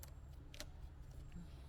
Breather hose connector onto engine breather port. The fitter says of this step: connect our breather back up and it's little preheater connection nice he that snap